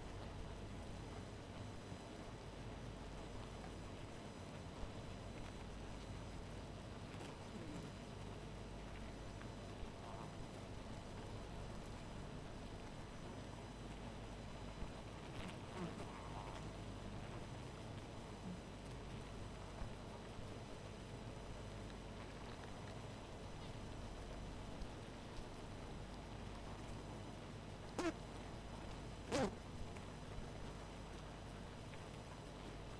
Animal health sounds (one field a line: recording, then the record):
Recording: honeybee colony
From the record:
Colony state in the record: missing queen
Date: 14 July 2017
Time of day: 2:36